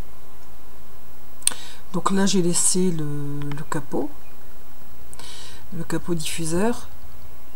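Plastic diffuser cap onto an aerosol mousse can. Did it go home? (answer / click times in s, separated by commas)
no / none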